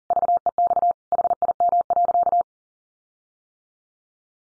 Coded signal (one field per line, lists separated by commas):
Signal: Morse code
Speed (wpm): 40 wpm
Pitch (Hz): 700 Hz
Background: none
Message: VEX HIM.